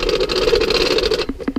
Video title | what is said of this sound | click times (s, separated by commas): MGM Targets – AR550 Steel Targets – MGM Attack Target Assembly & Demo | it should come out nice and easy and lock into place because those dogs are working and the black plunger is down like it's supposed to be | 0.0 s, 0.1 s, 0.3 s, 0.7 s, 1.0 s, 1.1 s